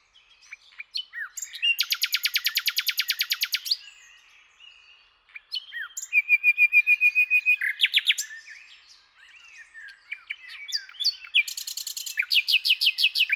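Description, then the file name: Common nightingale delivering long, very fast rattling trills of repeated notes, separated by softer mixed chirps and short phrases. "Luscinia megarhynchos"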